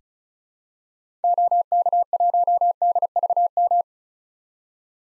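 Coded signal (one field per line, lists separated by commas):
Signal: Morse code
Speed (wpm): 36 wpm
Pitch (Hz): 700 Hz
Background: none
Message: OK1DVM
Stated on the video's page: Morse code drill of common SOTA activator call signs for head-copy at 35 wpm; each call sent, spoken, then sent again.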